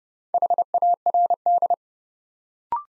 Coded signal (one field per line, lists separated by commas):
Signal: Morse code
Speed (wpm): 30 wpm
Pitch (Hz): 700 Hz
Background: none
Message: HARD